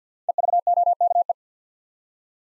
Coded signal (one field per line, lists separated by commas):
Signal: Morse code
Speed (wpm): 48 wpm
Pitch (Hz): 700 Hz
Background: none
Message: EVOKE